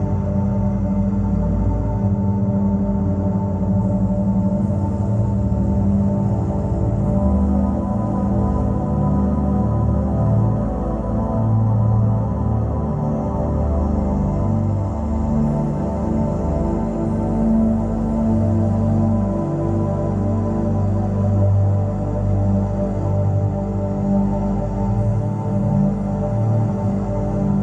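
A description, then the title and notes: A Solfeggio frequency drone at 174 Hz hums steadily for the whole stretch, low and full, with many stacked, ringing tones like a gong or singing bowl. The level stays even throughout, with a slow, shimmering wobble in the deep tones and little brightness above. Pain Relief Sounds - Solfeggio Frequency 174Hz.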